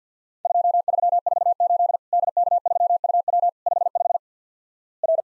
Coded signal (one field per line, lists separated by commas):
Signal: Morse code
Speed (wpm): 50 wpm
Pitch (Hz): 700 Hz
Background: none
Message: 2348 DK3UW 55 R